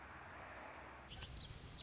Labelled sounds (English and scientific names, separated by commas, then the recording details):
Anna's Hummingbird (Calypte anna)
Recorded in Sonoma County, California